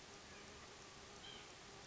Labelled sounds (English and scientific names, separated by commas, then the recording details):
White-breasted Nuthatch (Sitta carolinensis)
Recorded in Sonoma County, California